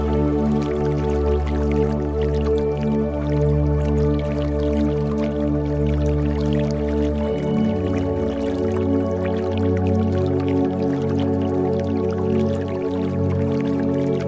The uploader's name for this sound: The Sound Of Water